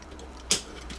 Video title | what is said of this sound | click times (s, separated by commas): @TransformersHQ Transformers Earthrise Leader Class ASTROTRAIN Video Review | them a nice shove that locks them into place right there | 0.5 s